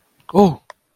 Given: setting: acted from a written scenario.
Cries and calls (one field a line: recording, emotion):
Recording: vocal sound without words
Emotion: fear